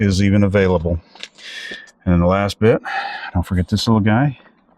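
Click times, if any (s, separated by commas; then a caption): none. Someone talks while handling a small plastic trim piece being pressed back onto the rear door panel of a 1997–2004 Buick Century/Regal (1998–2002 Intrigue) during reassembly after a rear window regulator replacement. Soft rustling handling noises come between the speech. Nothing has seated or clicked yet.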